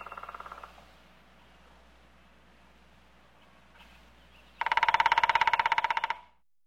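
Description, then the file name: Woodpecker drumming: a brief faint roll at the start, then after a pause one loud, fast, ringing roll of taps lasting about one and a half seconds. "Dyatel dolbit"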